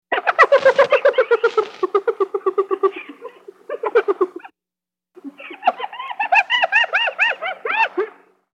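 Hyena calls: a rapid run of nasal, harmonic notes at about four per second, a short pause, then a series of arched, rising-and-falling yelps.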